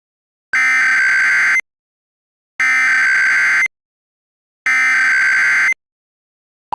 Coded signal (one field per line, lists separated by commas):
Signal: Emergency Alert System (SAME) tones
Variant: header bursts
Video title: EAS MOCK | Champaign Troubles (REUPOADED) #ChampaignsDestructiveTroubles Submission